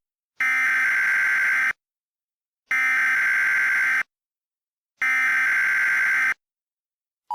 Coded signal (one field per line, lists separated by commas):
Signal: Emergency Alert System (SAME) tones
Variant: header bursts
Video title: EAS Mock 21: Ascension